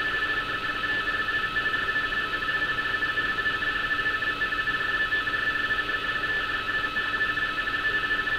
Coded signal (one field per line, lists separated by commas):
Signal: RTTY